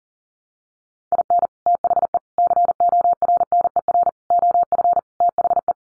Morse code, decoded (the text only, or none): IN THE CORNER OF THE